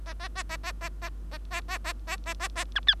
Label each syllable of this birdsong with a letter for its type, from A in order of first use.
A A A A A A A A A A A A A A A B C